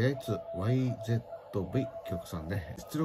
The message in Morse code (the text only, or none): PSE K